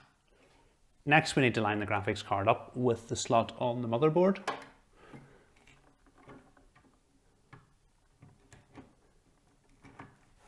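A graphics card is lined up with the PCIe slot on the motherboard before any pressure is applied, and nothing has seated or clicked yet. Someone talks for the first few seconds. This is followed by quiet handling with faint taps and knocks at about 5.7, 6.6, 6.8, 7.5, 8.5 and 10.0 seconds.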